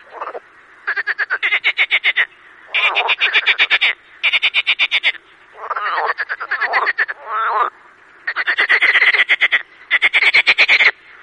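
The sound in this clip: Marsh frogs calling steadily, repeated long bursts of fast pulsed croaks and laughing rattles, one after another with short gaps between.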